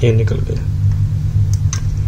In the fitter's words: Lock हो गया। अभी मैं इसको चालू करता हूँ।